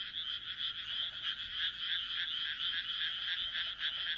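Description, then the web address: Frogs calling in a dense chorus, rapid overlapping croaks forming a continuous high rattling drone with pulses about three or four per second. "kaeru kaeru"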